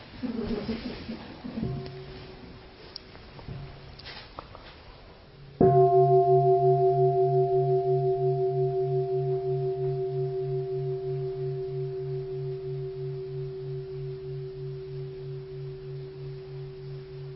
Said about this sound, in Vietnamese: Chắc nghe tiếng chuông.